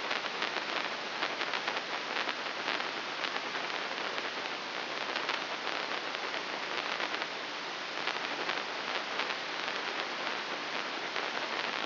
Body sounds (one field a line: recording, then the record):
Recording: brain microelectrode recording played as sound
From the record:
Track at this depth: inside the subthalamic nucleus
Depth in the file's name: 0.601 mm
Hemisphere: left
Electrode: 3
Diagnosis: Parkinson's disease